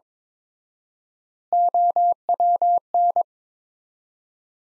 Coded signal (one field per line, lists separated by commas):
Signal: Morse code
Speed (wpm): 22 wpm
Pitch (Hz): 700 Hz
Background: none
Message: OWN